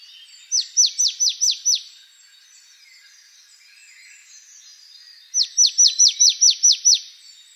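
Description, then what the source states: Marsh tit giving two quick series of piercing, falling notes, with a quiet gap between them. Recorded 28 November 2013.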